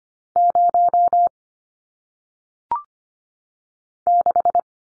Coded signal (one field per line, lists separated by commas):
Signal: Morse code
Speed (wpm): 25 wpm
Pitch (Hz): 700 Hz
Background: none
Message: 0 6